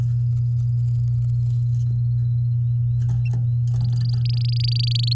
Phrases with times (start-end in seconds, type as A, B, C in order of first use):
3.80-5.13 A